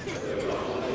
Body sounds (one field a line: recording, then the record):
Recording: coughing mixed with background sound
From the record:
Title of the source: Dry Afternoon Cough